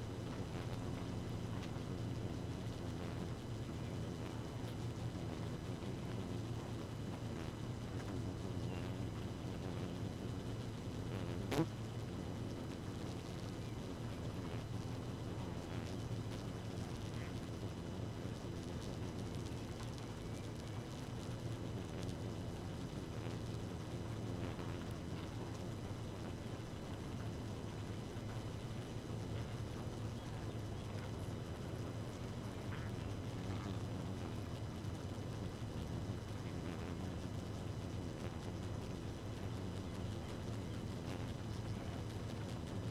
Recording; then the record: honeybee colony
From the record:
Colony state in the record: active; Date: 12 June 2018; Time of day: 2:55